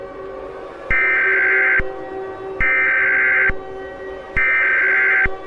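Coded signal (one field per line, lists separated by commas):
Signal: Emergency Alert System (SAME) tones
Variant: header bursts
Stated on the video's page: Fictional EAS scenario for a winter storm, with voice actors.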